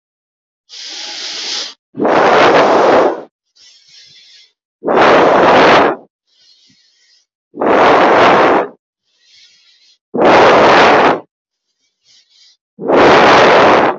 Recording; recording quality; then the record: deep breathing; excellent, no background noise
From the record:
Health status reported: healthy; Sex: female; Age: 31 years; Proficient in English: yes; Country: India